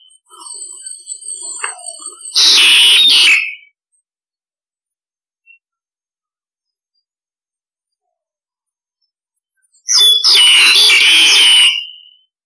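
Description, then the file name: Starling harsh calls: soft chattering at first, then a loud rasping screech, a long silence, and a second long harsh screech. Calls used to lure starlings; described as starlings calling the flock. "Tieng sao da goi bay"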